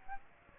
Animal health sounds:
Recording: mosquito wingbeat signal from an infrared sensor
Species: Aedes aegypti

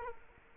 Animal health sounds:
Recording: mosquito wingbeat signal from an infrared sensor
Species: Culex quinquefasciatus

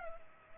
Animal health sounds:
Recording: mosquito wingbeat signal from an infrared sensor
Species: Culex pipiens

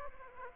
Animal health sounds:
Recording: mosquito wingbeat signal from an infrared sensor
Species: Aedes aegypti

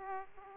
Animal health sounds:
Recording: mosquito wingbeat signal from an infrared sensor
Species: Aedes aegypti

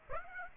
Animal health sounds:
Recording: mosquito wingbeat signal from an infrared sensor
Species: Aedes aegypti

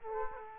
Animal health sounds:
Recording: mosquito wingbeat signal from an infrared sensor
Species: Aedes aegypti

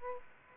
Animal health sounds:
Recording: mosquito wingbeat signal from an infrared sensor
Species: Aedes aegypti

